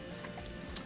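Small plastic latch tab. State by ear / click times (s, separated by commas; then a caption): released / 0.8 s. Two plastic release tabs on the geared rail wheel of a Whirlpool freezer tray are pushed in while the tray is lifted about a quarter inch. After faint ticks, a sharp click comes at 0.8 s as the tabs click open, releasing the geared wheel so the tray can come out.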